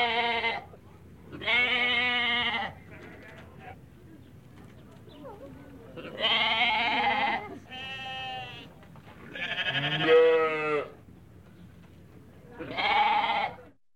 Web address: goat baby goat crying animal baa and groaning animal lamb sheep